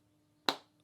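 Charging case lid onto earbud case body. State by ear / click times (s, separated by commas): seated / 0.5 s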